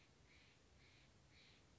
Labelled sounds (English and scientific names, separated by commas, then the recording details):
Steller's Jay (Cyanocitta stelleri)
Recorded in Sonoma County, California